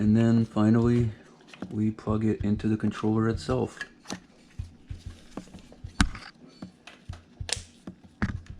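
Someone talks, then a wiring harness connector is handled and pushed toward the socket on a Torp TC500 controller for a Surron electric motorbike. Sharp plastic ticks and taps are heard at about 4.1, 6.0, 7.5 and 8.2 seconds. Nothing has seated or clicked into place yet.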